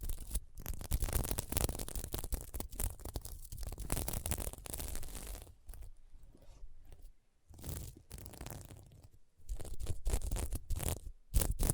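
Scratching over a sequin mermaid pillow, with dense, rough scraping and rustling that runs almost continuously through the first five seconds. After that it turns patchy, with short bursts separated by brief silences near seven and nine seconds, then picks up strongly again toward the end.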